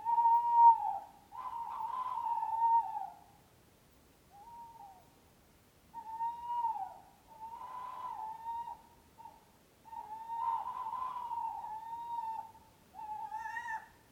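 Owl calls in a long series, steady whistled hoots alternating with rougher, trilled, quavering stretches, separated by short pauses.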